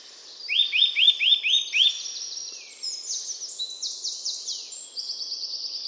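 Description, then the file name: Eurasian nuthatch calls: a run of five or six rising, clear notes repeated quickly, followed by faster, higher trilled series. "Sitta europaea"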